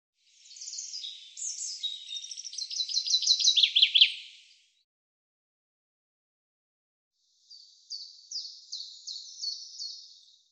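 Bird delivering a quick, high trill of falling notes that grows louder, then after a pause a softer, shorter run of repeated high notes.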